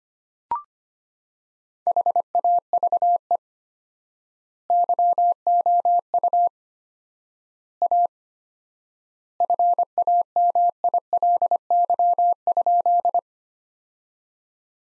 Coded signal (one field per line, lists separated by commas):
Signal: Morse code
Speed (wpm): 25 wpm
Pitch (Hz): 700 Hz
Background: none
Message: HAVE YOU A FAMILY?